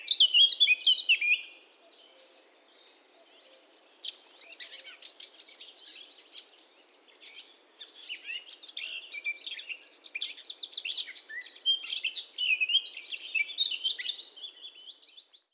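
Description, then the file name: Eurasian blackcap song: a loud, rich warbled burst for about a second and a half, a short pause, then continuous quieter twittering chatter to the end. "Sylvia atricapilla"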